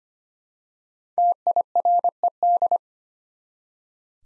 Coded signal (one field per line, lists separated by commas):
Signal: Morse code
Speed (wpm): 25 wpm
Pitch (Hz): 700 Hz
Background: none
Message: TIRED